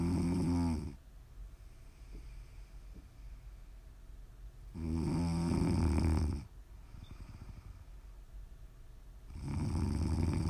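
An adult woman snores during sleep: three loud, rough, low-pitched snores, each lasting one to one and a half seconds, come about every four to five seconds, roughly 13 a minute. Quiet breathing fills the gaps. This is ordinary snoring.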